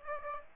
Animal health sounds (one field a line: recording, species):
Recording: mosquito wingbeat signal from an infrared sensor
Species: Aedes aegypti